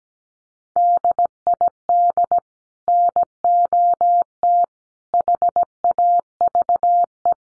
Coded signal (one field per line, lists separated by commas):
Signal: Morse code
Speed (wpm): 17 wpm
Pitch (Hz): 700 Hz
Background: none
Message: DID NOT HAVE